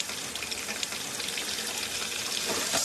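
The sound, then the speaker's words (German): A running faucet in the US, its water laden with gas from shale gas deep drilling, has a burning lighter held to it. It gives a steady, hissing rush of water as the gas ignites into a flash flame, the noise swelling slightly louder and brighter in the last moments. No one speaks. “Im Film, der sich mit den Umweltfolgen der Tiefbohrtechnik befasst, hält ein Betroffener ein brennendes Feuerzeug an einen laufenden Wasserhahn.”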